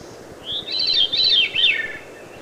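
Veery giving one complete song phrase, a clear opening note followed by ethereal, looping tones that descend step by step, over soft background noise.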